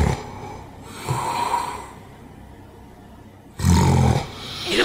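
An adult sleeper gives two soft snores, then a silent pause while holding their breath as oxygen drops and carbon dioxide builds, then a loud gasping snort, almost not sounding human, as the brain signals choking and breathing resumes after an obstructive apnea.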